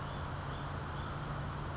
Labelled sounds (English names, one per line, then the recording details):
California Towhee
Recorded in Sonoma County, California